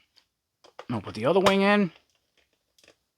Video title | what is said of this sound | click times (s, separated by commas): Masters of the Universe Origins Point Dread and Talon Fighter box set Review! | okay so let's assemble this things we'll put this Wing in this side so it's gonna snap right in like that | 0.7 s, 0.8 s